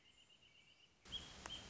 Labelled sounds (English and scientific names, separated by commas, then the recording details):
Wrentit (Chamaea fasciata)
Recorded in Sonoma County, California